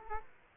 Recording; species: mosquito wingbeat signal from an infrared sensor; Aedes aegypti